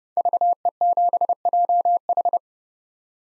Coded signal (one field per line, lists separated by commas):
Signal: Morse code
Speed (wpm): 30 wpm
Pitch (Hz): 700 Hz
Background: none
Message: VE7JH